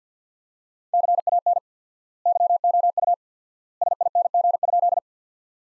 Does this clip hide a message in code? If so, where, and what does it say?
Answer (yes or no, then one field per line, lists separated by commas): yes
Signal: Morse code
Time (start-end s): 0.9-5.0 s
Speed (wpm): 50 wpm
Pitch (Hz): 700 Hz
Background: none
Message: CAN YOU SING?